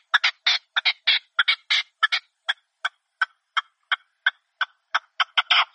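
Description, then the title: Partridge giving loud, harsh chuckling notes, first in doubled bursts, then single clipped notes, ending in another rasping burst. Partridge call used as a hunting lure (reclamo). "Canto de Perdiz. Reclamo de Perdiz"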